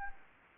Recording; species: mosquito wingbeat signal from an infrared sensor; Anopheles gambiae